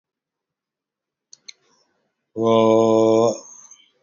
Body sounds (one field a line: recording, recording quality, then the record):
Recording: sustained vowel as in boot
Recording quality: excellent, no background noise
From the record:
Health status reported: healthy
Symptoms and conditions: hypertension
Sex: male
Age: 48 years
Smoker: not ticked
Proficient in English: yes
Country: India